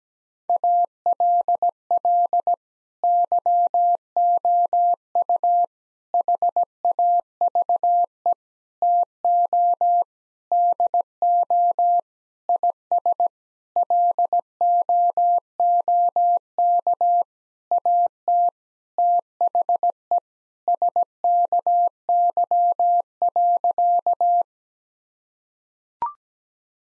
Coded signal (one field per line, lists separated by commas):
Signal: Morse code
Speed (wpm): 17 wpm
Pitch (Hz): 700 Hz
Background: none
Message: ALL YOU HAVE TO DO IS LOOK AT THE SKY.